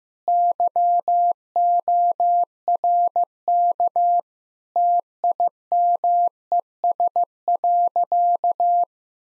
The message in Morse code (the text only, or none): YORK TIMES.